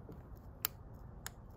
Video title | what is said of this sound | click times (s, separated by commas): VW Passat B6 2.0 petrol auto spark plugs coil packs replacement | you can just hear that click | 0.6 s